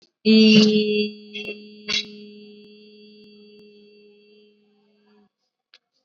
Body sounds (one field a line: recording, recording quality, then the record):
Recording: sustained vowel as in beet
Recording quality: excellent, no background noise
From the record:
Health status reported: COVID-19 positive, mild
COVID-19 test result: positive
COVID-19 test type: RT-PCR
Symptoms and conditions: cough, fever, muscle pain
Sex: female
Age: 25 years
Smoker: no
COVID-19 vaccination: one dose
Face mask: worn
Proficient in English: yes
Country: India